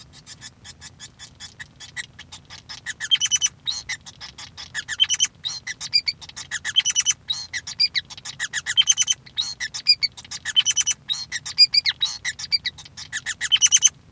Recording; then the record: song of a male Bengalese finch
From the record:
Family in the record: son of father 5